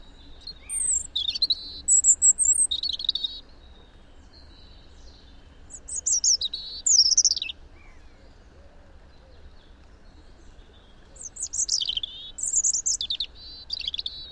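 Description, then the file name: European robin song in several bursts of high, thin, warbling and trilling phrases, each two to three seconds long, separated by pauses, with a faint steady background hiss. "Erithacus rubecula"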